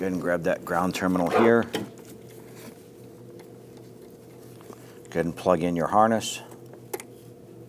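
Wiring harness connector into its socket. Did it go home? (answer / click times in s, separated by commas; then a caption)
yes / 6.9 s. A wiring harness plug is pushed into its plastic socket on a 2009–2017 Volvo XC60 3.2L L6 during a serpentine drive belt component kit replacement, while someone talks. The connector seats with a sharp click at 6.9 seconds.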